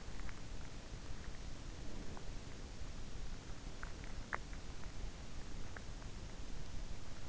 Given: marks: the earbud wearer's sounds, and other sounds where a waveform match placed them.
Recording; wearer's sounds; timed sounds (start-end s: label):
sounds in sleep by an in-ear microphone; teeth grinding
3.58-5.33 s: teeth grinding